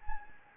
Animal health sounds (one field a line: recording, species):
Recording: mosquito wingbeat signal from an infrared sensor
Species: Anopheles gambiae